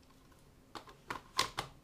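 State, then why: Partly seated. An aftermarket magazine is pushed into the magwell of a G&G CM16 R8-L airsoft carbine, with sharp knocks at about 0.8 s and 1.1 s, a clear click at 1.4 s, and another knock at 1.6 s. The magazine clicks in but does not hold; it comes back out without the release button being pressed because the catch does not keep it in place.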